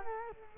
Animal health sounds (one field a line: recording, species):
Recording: mosquito wingbeat signal from an infrared sensor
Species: Culex quinquefasciatus